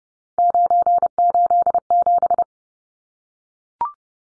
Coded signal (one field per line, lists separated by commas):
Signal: Morse code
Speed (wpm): 30 wpm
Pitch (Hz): 700 Hz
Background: none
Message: 987